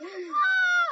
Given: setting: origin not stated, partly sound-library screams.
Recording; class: one-second piece from a danger detection set; woman in danger